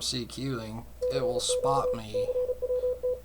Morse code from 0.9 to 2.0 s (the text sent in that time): CQ